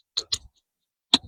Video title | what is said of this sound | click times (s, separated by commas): First Shots, First Thoughts: The NEW Pinty P-Rifle (PCP-QL22) | Got a nice positive click as it goes into place. | 1.1 s